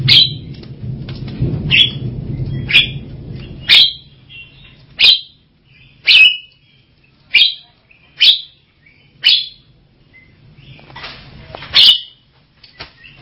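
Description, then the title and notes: Javan myna delivering a long series of clipped, piercing notes, roughly one per second, with a low rumble early on that fades. "Jalak Kebo. Kicau Burung Jalak"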